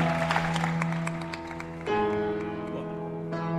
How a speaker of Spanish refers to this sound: No sé si se dieron cuenta que en el piano tenemos al maestro Lito Vitale. Un fuerte aplauso, un lujo esta tarde.